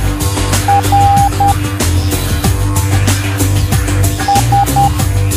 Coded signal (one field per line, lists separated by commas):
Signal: Morse code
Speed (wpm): 10 wpm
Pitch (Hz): 800 Hz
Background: music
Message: R S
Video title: Código morse